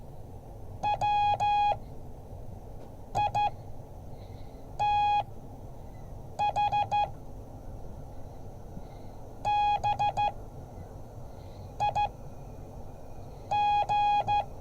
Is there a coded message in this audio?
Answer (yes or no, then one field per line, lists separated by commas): yes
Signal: Morse code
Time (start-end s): 0.8-14.4 s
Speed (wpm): 13 wpm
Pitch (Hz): 830 Hz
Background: none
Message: WITH BIG